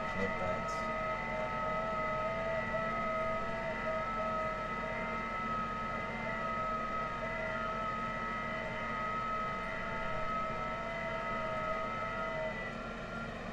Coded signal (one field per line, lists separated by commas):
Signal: FT8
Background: speech